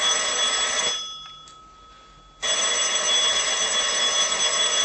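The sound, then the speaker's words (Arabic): A doorbell, rung because a key will not open the door, rings with a harsh, steady electric buzz, cuts off for over a second, then rings again just as loudly until the end. Nobody speaks. “يبقى أضرب جرس بقى أمر الله.”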